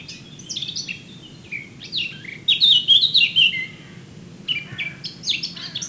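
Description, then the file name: Eurasian blackcap song: scratchy, varied warbling notes that swell into a louder, richer fluty run midway, then a softer chattering phrase starts near the end. "Sylvia atricapilla"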